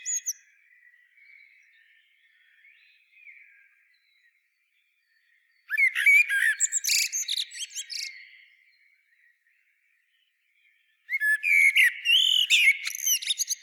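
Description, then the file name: Common blackbird song: two long phrases mixing fluted whistles and shrill chattering flourishes, with a quiet gap of a few seconds between them. "Turdus merula"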